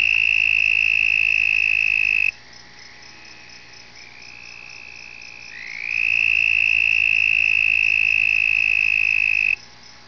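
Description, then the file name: Red-spotted toad song: a long, high, even musical trill lasting about two seconds, a softer lower trill, then another steady high trill of over three seconds. "b punctatus"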